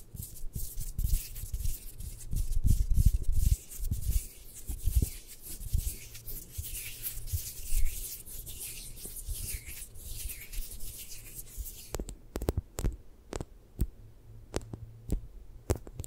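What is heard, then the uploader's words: Soft scratching and rubbing with a low steady hum underneath, giving way after twelve seconds to sparse, crisp taps. ASMR Hypnotic Triggers for Sleep 3D Eye Massage, Tapping, Scratching (No Talking).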